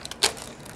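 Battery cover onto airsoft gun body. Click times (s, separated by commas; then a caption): 0.2 s. The plastic battery cover of an Echo1 P90/E90 airsoft gun is pushed down and slid onto the gun body, with a few faint ticks at the start. A sharp plastic click at 0.2 s marks the cover seating in place, followed by quiet handling noise.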